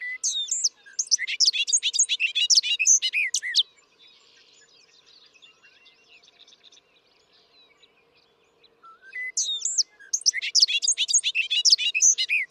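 Bobolink song in two bursts: a rapid, bubbling cascade of metallic, tinkling notes for about three seconds, a quiet gap with soft chatter, then the jumbled song resumes.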